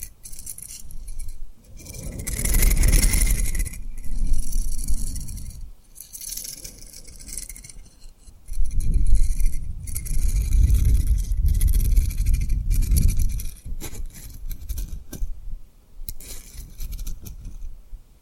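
Tapping and rubbing on a rhinestone-covered object, with crisp clicks and scratchy scraping. Two longer stretches of heavier rubbing, around 2–6 and 8.5–13 seconds, bring a deep rumbling swell, while quieter passages carry lighter taps and glassy ticks.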